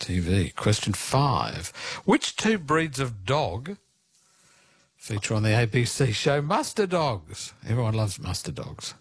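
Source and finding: Adult male quiz host speaking. Normal speech.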